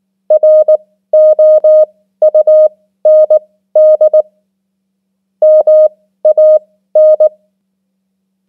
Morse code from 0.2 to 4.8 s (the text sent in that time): ROUND